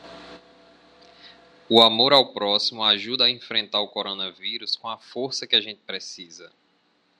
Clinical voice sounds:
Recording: spoken sentence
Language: Brazilian Portuguese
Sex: male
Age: 40 to 49 years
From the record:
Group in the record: control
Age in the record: 40 years

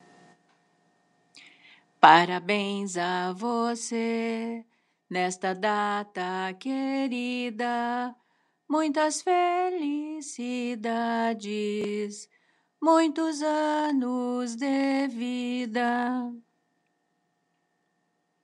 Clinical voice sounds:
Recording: short text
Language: Brazilian Portuguese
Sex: female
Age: 60 to 69 years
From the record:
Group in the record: control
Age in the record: 69 years

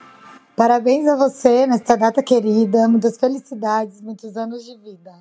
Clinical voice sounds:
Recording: short text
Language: Brazilian Portuguese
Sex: female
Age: 30 to 39 years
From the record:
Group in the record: control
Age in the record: 32 years

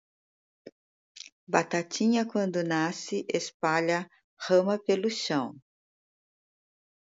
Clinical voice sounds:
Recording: short text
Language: Brazilian Portuguese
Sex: female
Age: 50 to 59 years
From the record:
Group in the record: control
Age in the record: 59 years

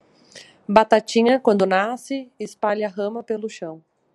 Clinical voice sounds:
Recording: short text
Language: Brazilian Portuguese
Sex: female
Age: 20 to 29 years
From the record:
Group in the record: control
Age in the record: 26 years

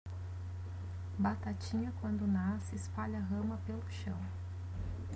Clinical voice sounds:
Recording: short text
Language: Brazilian Portuguese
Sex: female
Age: 30 to 39 years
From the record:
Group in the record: control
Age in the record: 32 years

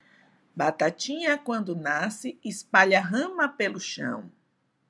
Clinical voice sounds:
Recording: short text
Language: Brazilian Portuguese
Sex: female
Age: 50 to 59 years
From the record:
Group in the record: control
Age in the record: 57 years

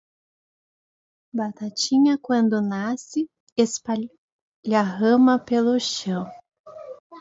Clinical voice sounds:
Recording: short text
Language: Brazilian Portuguese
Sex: female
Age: 30 to 39 years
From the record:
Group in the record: control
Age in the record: 35 years

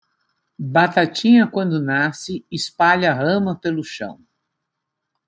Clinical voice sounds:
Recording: short text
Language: Brazilian Portuguese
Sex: female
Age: 70 to 79 years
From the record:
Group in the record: control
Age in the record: 70 years

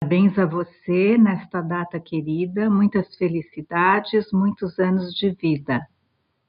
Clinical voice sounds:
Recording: short text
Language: Brazilian Portuguese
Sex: female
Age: 50 to 59 years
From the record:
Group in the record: control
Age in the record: 56 years

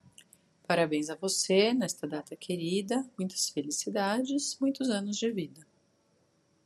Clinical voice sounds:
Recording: short text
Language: Brazilian Portuguese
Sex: female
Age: 40 to 49 years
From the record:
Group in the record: control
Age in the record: 44 years

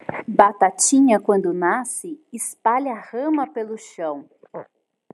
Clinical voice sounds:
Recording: short text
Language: Brazilian Portuguese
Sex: female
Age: 30 to 39 years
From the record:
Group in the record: control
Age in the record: 34 years

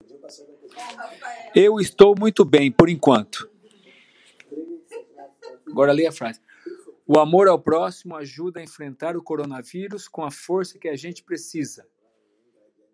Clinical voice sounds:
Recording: spoken sentence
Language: Brazilian Portuguese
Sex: male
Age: 50 to 59 years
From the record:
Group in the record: control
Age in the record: 55 years

